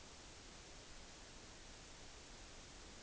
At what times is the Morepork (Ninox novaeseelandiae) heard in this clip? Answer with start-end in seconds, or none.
none